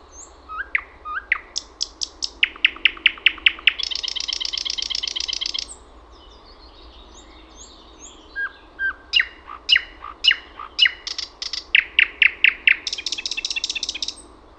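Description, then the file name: Thrush nightingale song in varied bursts: repeated sharp notes, a dense harsh rattle lasting two seconds, a pause of about three seconds, then more clicking series and rattles. "SATAKIELI"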